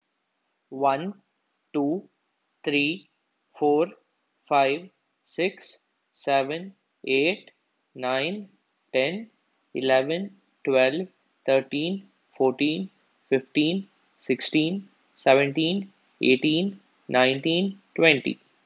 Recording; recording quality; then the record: counting at a normal pace; excellent, no background noise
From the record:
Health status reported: healthy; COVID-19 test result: negative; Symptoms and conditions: none ticked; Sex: male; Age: 23 years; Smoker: not ticked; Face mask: not worn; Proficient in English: yes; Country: India